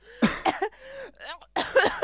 Man and Woman Coughing.